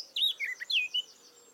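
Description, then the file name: Eurasian blackcap song: a short string of five clear, slurred whistles, mostly falling in pitch. "Sylvia atricapilla"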